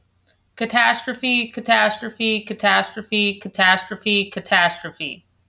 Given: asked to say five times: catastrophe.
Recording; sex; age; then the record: repeated word; female; 30 to 39 years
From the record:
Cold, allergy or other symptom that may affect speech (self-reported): no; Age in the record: 30 years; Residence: Kansas, United States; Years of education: 16